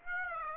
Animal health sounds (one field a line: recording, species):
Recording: mosquito wingbeat signal from an infrared sensor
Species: Aedes aegypti